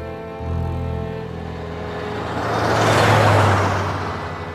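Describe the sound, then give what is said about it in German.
A steady engine drone with low humming tones, joined by a broad whooshing rush of tires that swells loudest around three seconds as two cars speed past at high speed on a country highway through Arizona, then eases off. “Zwei Autos jagten mit großer Geschwindigkeit auf der Überlandstraße durch Arizona.”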